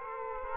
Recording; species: mosquito wingbeat signal from an infrared sensor; Aedes aegypti